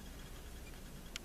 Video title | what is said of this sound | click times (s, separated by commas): G-Shock GA 100 MC Battery replacement and cloth wristband removal | refasten the cover you'll hear it snap into place and | 1.2 s